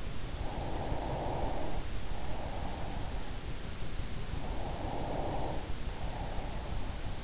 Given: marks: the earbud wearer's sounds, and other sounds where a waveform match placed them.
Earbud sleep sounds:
sounds in sleep by an in-ear microphone; breath
0.00-3.27 s: breath
4.26-7.08 s: breath

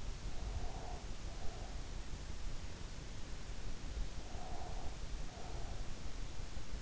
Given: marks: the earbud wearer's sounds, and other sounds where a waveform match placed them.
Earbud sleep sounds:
sounds in sleep by an in-ear microphone; breath
0.40-1.88 s: breath
4.23-5.90 s: breath

